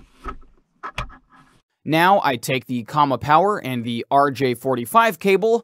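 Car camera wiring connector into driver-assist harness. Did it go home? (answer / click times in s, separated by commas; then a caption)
yes / 1.0 s. A car's original camera connector clip is slid fully by hand into the plug of a driver-assist wiring harness, and it clicks into place at 0.3 s and 1.0 s, the second click louder and sharper. The connector is seated. Then someone talks.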